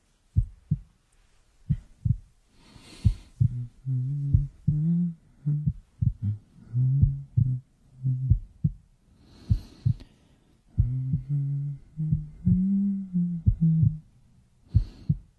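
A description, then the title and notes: A steady heartbeat thumps in regular pairs under low, wavering humming phrases that rise and fall, with a few breathy hisses between them. Heartbeat + humming shifting subliminal.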